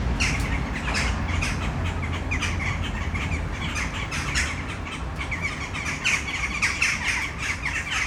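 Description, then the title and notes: Western jackdaws giving a dense run of short squawking calls, with a steady low rumble beneath. Flock in a tree at Malinovského square, Brno city centre, Czech Republic, at sunset. "Malinovského nám. 571/1, 602 00 Brno-střed-Brno-město, Česko - Western jackdaws at sunset. A tree full of jackdaws in the city center of Brno"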